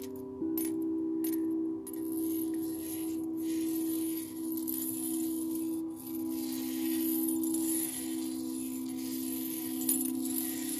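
A singing bowl hums with a steady, low ringing tone that swells and eases slightly throughout. Bright, sparkling metallic shimmer like jangling bracelets or chimes flickers above it, with a few sharper clinks near the start and around ten seconds.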